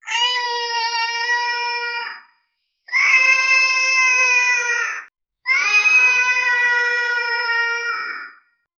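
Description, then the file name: Baby monkey crying: three long, wailing, harmonic cries of about two to three seconds each, separated by short pauses, steady in pitch with slight wavering; no other sounds. Baby monkey crying; possibly AI-generated. "monkey beby cry ai"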